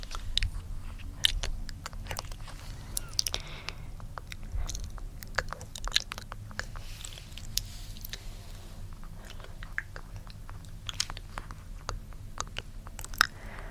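Gentle tapping and mouth sounds come as quick, sharp clicks and smacks scattered irregularly through the clip, some in fast little bursts. A low, steady murmur sits underneath throughout, with the clicks most crowded in the first few seconds and again near the end.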